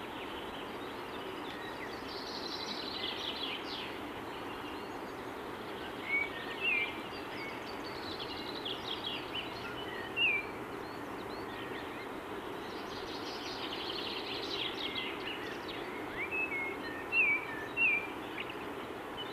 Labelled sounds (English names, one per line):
Common Chaffinch song